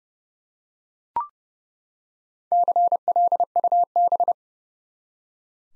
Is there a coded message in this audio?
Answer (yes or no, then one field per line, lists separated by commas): yes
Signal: Morse code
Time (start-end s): 2.5-4.3 s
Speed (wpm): 30 wpm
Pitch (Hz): 700 Hz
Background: none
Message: CLUB